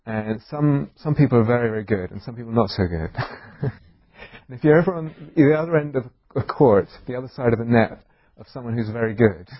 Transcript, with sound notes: Some people are very, very good, and some people are not so good. [laughs] If you're on the other end of the court, the other side of the net of someone who is very good,